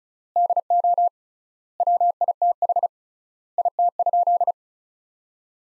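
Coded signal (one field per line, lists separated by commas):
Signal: Morse code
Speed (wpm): 36 wpm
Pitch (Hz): 700 Hz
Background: none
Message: DO WITH IT?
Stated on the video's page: Practice sentences built from the top 100 words, sent at 35 wpm with three times standard word spacing, a word-based analogue of Farnsworth spacing.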